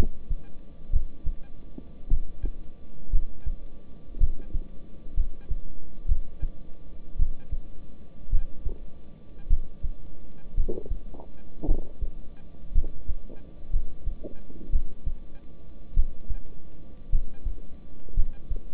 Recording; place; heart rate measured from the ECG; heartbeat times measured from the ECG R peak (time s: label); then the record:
heart sounds by stethoscope; between the tricuspid and mitral areas; 56 bpm
0.91 s: heartbeat
2.08 s: heartbeat
3.10 s: heartbeat
4.18 s: heartbeat
5.15 s: heartbeat
6.06 s: heartbeat
7.17 s: heartbeat
8.30 s: heartbeat
9.48 s: heartbeat
10.55 s: heartbeat
11.66 s: heartbeat
12.73 s: heartbeat
13.71 s: heartbeat
14.70 s: heartbeat
15.94 s: heartbeat
17.10 s: heartbeat
18.14 s: heartbeat
From the record:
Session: rest, lying down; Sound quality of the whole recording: good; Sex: male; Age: 26 years